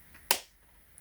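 A rugged plastic SUPCASE full-body protective case section is pressed onto the body of a MacBook Pro M1 laptop. It gives one sharp, bright snap at 0.3 s that decays quickly, followed by a couple of faint high ticks near 1.0 s. The case shell snaps on and is seated.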